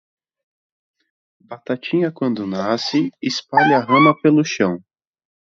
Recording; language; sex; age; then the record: short text; Brazilian Portuguese; male; 30 to 39 years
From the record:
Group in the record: control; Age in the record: 34 years